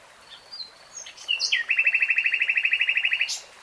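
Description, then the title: Nightingale song phrase: a few short introductory notes followed by a rapid, evenly pulsed rattle of about twenty repeated notes. Nightingale singing in real time. "[Tiếng chim hót] 3 Hours REALTIME Nightingale Singing"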